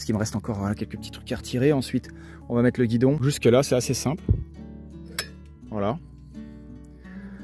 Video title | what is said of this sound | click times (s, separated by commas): (HITWAY BK6S)-VÉLO ÉLECTRIQUE PLIABLE IDÉAL EN CAMPING-CAR ET EN VAN😲#hitway #velopliant #van #nomad | voilà ça s'enclenche | 5.2 s